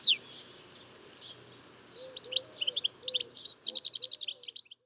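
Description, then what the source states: European goldfinch song: a single sharp note, a short pause, then a quick jumble of bright twittering notes ending in a rapid trill. Soft low whistles are faintly heard beneath. Song of a male.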